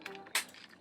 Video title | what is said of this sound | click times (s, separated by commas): X-Transbots MONOLITH (Menasor): EmGo's Transformers Reviews N' Stuff | like so to snap into place and then this faux part here will just line up with that | 0.3 s